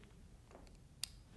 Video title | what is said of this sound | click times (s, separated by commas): Dog Training Equipment | to hear that clip I want to make sure my long line is secure it's not going to come off the | 1.0 s